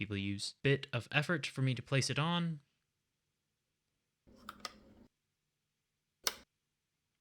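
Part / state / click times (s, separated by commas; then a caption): drive-train part with hair-tie belt going into a Christmas village ice rink mechanism / seated / 6.3 s. Someone talks while pressing the plastic drive-train part of a Lemax Family Skating Day Christmas village ice rink accessory back into position, after swapping its weak rubber band drive belt for a thicker hair tie. A few faint clicks and rustling follow. Then a sharp snap at 6.3 s as the part seats into place.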